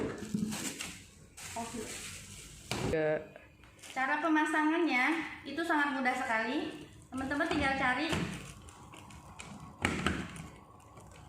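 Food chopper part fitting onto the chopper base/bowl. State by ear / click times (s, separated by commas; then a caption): seated / 9.9 s. Someone talks while fitting a part of an electric food chopper onto the chopper base or bowl. A few light knocks come before the part clicks into place at 9.9 s, and it sits firmly seated.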